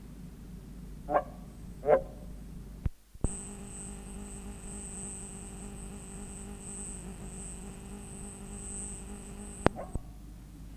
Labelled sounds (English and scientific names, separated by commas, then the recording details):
Moor Frog (Rana arvalis) call
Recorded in captivity
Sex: diverse
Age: adult
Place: Museum für Naturkunde Berlin, Berlin, DE
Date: 1965-04-02
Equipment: Smaragd
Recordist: Günther, Rainer
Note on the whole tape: Männchen und Weibchen: Rufe (verschiedene Formen von Rufreihen und gute Einzelrufe). Tiere aus dem Kremmener Luch